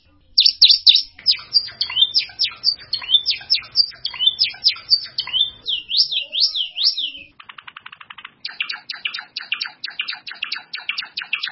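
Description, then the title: Bird song, a rapid, varied run of high chirps and slurred notes, then a buzzy trill and more quick repeated chirping phrases. "LuckyPassaro Completos2Sama"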